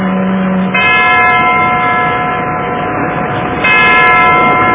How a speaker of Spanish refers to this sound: Oportunamente, el viejo reloj del faro dejó escapar 10 lánguidas campanadas.